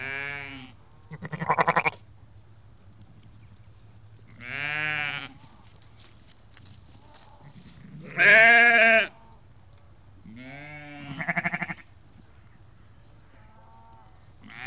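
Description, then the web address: Sheep bleating, four strong harmonic bleats spaced a few seconds apart, with a low steady hum underneath and fainter calls between. About 30 to 50 ewes and lambs calling together. "BBC Sound Effects Library (Livestock) About 30-50 Ewes and Lambs Calling"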